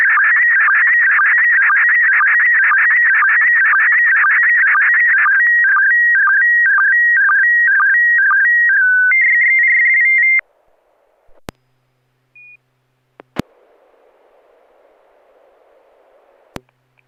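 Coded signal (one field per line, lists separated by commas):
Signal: SSTV (slow-scan television)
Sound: ten seconds of warbling, chirping tones, ending in a rapid two-tone trill, then silence with clicks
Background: squelch clicks, faint hiss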